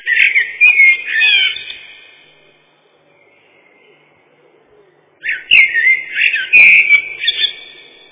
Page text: Черный дрозд — Turdus merula